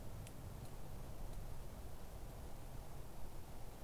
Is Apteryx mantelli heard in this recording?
no